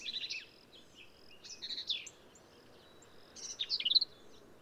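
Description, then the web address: Black-capped vireo song: three brisk phrases of buzzy, warbled and sharp high notes, separated by short pauses. "birdsongforthecurious Black-capped Vireo"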